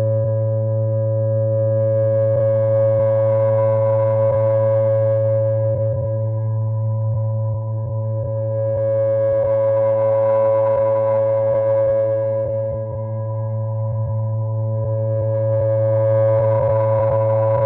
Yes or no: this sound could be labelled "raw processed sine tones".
yes